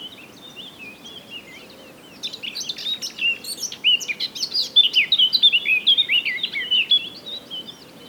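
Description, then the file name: Eurasian blackcap song beginning after a quiet start: soft chatter builds into a loud, rich warble of fluted, looping notes lasting about five seconds. "Sylvia atricapilla"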